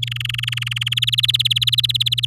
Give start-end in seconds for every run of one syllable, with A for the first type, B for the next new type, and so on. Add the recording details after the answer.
0.02-0.94 A, 0.96-2.25 B. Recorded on 8 May 2018 at 12:10. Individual llb16